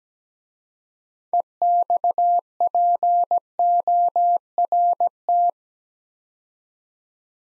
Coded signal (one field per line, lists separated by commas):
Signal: Morse code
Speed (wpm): 17 wpm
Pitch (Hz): 700 Hz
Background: none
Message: EXPORT